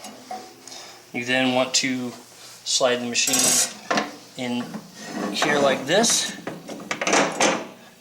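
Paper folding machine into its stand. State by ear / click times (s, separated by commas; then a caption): seated / 6.9 s. A Martin Yale Mark VII paper folding machine is slid into its stand while someone talks, and a sharp knock at 6.9 s marks it locking into place. The machine is seated on the stand.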